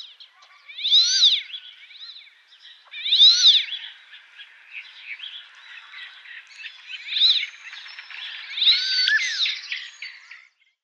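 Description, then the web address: Cape teal calls: high, squeaky, nasal notes with bending pitch, given in several loose bursts, with fainter chattering between them. Male. "Schulze Peter Cape Teal male"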